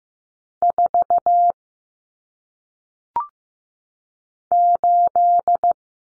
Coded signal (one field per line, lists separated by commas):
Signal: Morse code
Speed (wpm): 15 wpm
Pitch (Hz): 700 Hz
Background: none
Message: 4 8